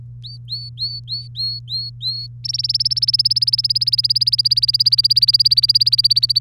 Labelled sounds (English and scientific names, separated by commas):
Domestic Canary (Serinus canaria) song